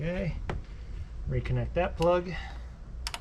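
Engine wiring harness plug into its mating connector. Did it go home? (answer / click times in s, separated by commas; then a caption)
no / none. A plastic electrical plug on a Murano engine wiring harness is being handled toward its mating connector during reassembly after a spark plug job, while someone talks. Soft handling noises run under the talk, and two brief sharp ticks come near 3.1 seconds at the very end. Nothing has seated or clicked yet.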